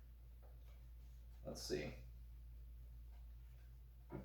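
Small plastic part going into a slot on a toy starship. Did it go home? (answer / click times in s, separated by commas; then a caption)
no / none. A small plastic part of a Vintage Collection Slave I toy starship is lined up with its slot on the ship while someone talks briefly. There is a steady low hum, a short soft rustle of handling around 1.5–1.9 seconds, and another faint touch near the end. The part has not yet snapped into place, and nothing has clicked.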